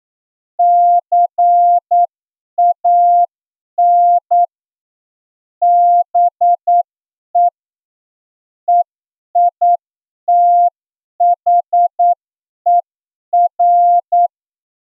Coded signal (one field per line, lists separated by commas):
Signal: Morse code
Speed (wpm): 9 wpm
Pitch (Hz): 700 Hz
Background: none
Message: CAN BE EITHER